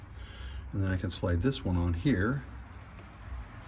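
During a rear wiper refill replacement on a 2023 Lincoln Aviator, a plastic blade piece is being positioned to slide onto the rear wiper blade while someone talks over quiet handling noise. Nothing has seated or clicked yet; the clip ends before the piece snaps into place.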